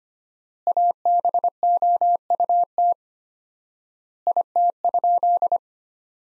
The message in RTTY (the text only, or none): none